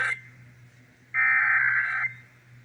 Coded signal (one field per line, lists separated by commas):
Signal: Emergency Alert System (SAME) tones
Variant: header bursts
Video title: (EAS #913-921) August 2025 Texas Required Monthly Test